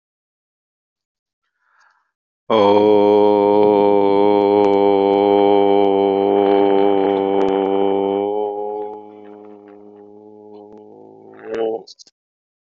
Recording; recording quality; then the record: sustained vowel as in boot; excellent, no background noise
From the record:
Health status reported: healthy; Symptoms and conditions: none ticked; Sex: male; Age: 56 years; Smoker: yes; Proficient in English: yes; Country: India